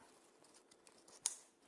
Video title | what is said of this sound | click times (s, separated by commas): Backpacking Backpacks Basics SummitGearSeries | want to hear it you want to hear that snap | 1.3 s